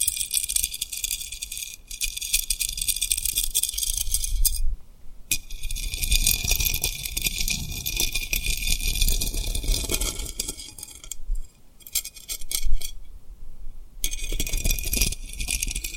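Rhinestones are tapped and rubbed in a dense, crisp clicking and scratching that runs almost without pause, bright and glittery like tiny glass pieces clinking. Brief silences break it near 5, 11 and 14 seconds, with a soft low rumble underneath.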